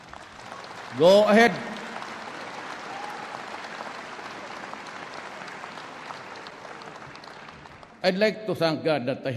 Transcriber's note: applause